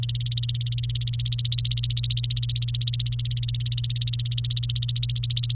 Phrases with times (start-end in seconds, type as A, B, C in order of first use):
0.00-5.53 A